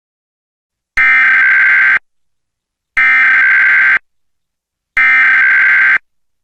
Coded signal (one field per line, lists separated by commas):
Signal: Emergency Alert System (SAME) tones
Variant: header bursts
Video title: EAS Possible Reenactment Mock: TX RMT but it is on different screens